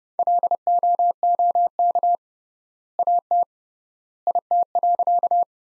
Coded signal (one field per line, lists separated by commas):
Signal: Morse code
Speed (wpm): 30 wpm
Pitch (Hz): 700 Hz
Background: none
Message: LOOK AT IT.